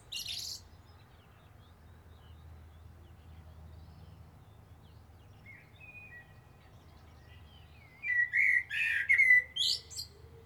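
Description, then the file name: Common blackbird song: a short high squeak, long quiet stretch with faint notes, then one fluted warbling phrase capped with high squeaky twitters; steady low hum. "Turdus merula"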